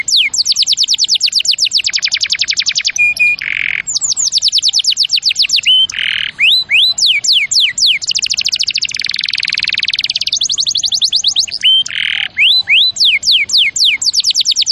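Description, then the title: Canary song of fast, repeated high sweeping notes in rolling trills, broken by short buzzy bursts and a brief whistle, changing tempo between phrases. Champion canary song used as a master recording for training other birds (Indonesian masteran). "Masteran Kenari Juara"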